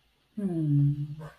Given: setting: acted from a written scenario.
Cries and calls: vocal sound without words; serenity

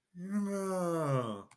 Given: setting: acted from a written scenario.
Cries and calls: vocal sound without words; elation

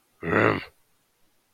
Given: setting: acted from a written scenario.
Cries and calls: vocal sound without words; anger

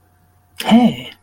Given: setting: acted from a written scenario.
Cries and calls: vocal sound without words; triumph

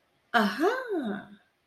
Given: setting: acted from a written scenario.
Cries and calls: vocal sound without words; realization

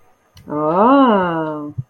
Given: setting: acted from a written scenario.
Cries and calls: vocal sound without words; romantic love

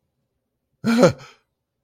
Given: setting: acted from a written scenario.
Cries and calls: vocal sound without words; fear

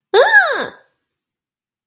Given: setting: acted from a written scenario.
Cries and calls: vocal sound without words; negative surprise

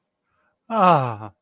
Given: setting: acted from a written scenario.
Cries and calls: vocal sound without words; elation

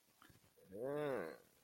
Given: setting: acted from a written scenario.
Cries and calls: vocal sound without words; contempt

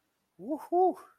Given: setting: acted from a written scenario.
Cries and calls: vocal sound without words; pride

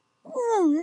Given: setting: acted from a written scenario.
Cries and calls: vocal sound without words; negative surprise

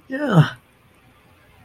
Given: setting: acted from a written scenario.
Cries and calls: vocal sound without words; elation

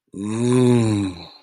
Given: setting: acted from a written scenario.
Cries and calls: vocal sound without words; ecstasy

